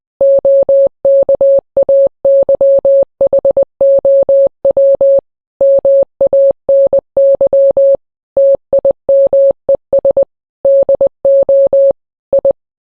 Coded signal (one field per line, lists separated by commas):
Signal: Morse code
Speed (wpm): 20 wpm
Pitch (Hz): 550 Hz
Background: none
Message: OKAY HOW MANY TIMES DO I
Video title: Morse code I, 2021